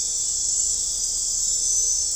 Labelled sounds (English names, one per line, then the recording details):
none
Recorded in dense forest near Puerto Asís, Putumayo, Colombia, on 16 December 2024 at 00:00
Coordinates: 0.499, -76.324
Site G045